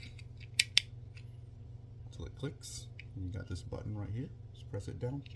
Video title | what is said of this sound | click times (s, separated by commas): Destiny Toys Motu opening Clamp Champ and review | you you fold them back and you press this gotcha fold it back till it clicks | 0.6 s, 0.8 s